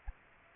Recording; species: mosquito wingbeat signal from an infrared sensor; Aedes aegypti